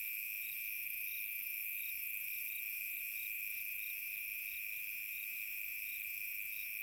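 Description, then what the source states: Cricket chirping, a steady high trill with pulsed chirps repeating steadily throughout, over a constant high insect drone. Summer night.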